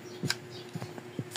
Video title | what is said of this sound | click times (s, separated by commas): FORD RANGER MAIN DOOR LATCH NOT WORKING | Ayan, nakalock na yan. | 0.3 s